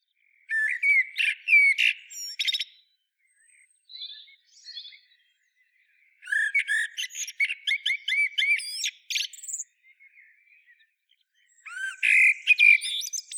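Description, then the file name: Common blackbird giving three bursts of twittering, squeaky notes separated by quiet stretches with a few soft notes, the middle burst longest. "Turdus merula"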